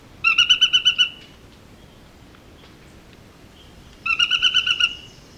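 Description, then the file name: Narino tapaculo delivering two fast pulsed bursts of about seven notes each, separated by roughly three seconds of quiet. "Scytalopus vicinior - Narino Tapaculo"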